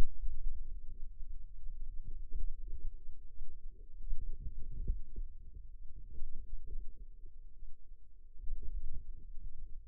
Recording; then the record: forearm muscle sounds (acoustic myography)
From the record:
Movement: radial deviation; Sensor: system 2, bracelet of six BSWA MPA416 microphones around the upper forearm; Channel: 5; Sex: female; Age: 22 years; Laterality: right